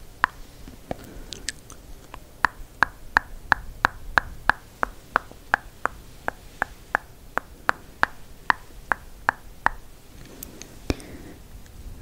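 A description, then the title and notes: Crisp tongue clicks come in a steady run about three per second from roughly the two-second mark to nearly ten seconds, after a few scattered clicks. Each pop has a hollow, slightly bright tone, over faint rustling. Hand Movements.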